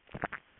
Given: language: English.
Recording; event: throat vibration sensor signal played as sound; swallow